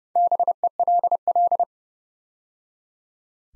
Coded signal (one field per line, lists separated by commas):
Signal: Morse code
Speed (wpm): 30 wpm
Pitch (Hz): 700 Hz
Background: none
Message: BELL